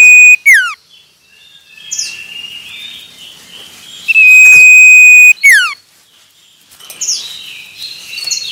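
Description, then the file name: Common iora song: a long, steady high whistle held for about a second, then a sharp downward slur, repeated, with softer chirps between phrases. Male. "suara burung cipoh jantan"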